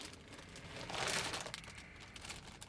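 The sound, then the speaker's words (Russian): An open plastic potato chip bag, taken from a bag on a car's passenger seat, rustles continuously, swelling into a denser crackle partway through before settling back into lighter, scattered crinkles. No voices. “Она достает из сумки на пассажирском сиденье открытый пакетик картофельных чипсов.”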